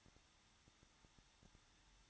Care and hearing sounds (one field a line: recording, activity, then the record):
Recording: daily activity, microphone in the room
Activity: no activity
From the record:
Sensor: 3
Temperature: 21.2 degrees Celsius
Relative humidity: 36.4%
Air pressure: 1006.4 hPa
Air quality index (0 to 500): 223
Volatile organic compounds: 42 ppm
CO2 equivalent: 3184 ppm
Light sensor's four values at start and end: 2/3/2/2 and 2/3/2/2